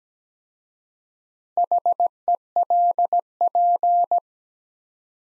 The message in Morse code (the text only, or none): HELP